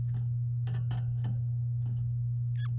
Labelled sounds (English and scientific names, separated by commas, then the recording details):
Domestic Canary (Serinus canaria) song
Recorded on 9 May 2018 at 06:11
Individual llb16